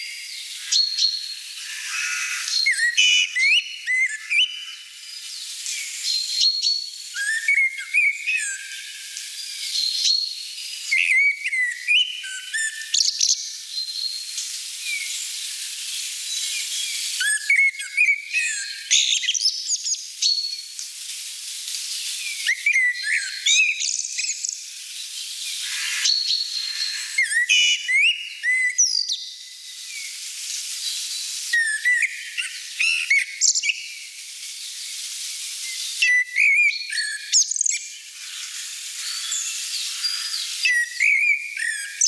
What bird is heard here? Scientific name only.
Turdus merula